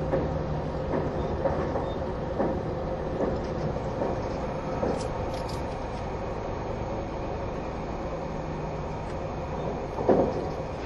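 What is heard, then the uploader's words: Inside a quiet train car, a steady low engine drone and motor hum run throughout, with a faint whine holding underneath. Soft periodic thumps and rattles recur every second or so, and a brief louder clunk stands out near ten seconds. HC85系 ひだ01号(グリーン車). 名古屋～高山. 列車走行音. A great balance between the engine sound and the motor sound in a quiet space of the green car.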